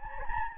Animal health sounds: mosquito wingbeat signal from an infrared sensor; Anopheles gambiae

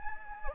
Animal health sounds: mosquito wingbeat signal from an infrared sensor; Anopheles gambiae

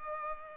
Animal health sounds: mosquito wingbeat signal from an infrared sensor; Culex pipiens

